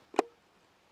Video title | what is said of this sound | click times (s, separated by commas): Starlink Mini On 12V?? Yep, Here's How I Do It | and you just plug your 12 volts into the hole there, and then this just clicks right in. | 0.2 s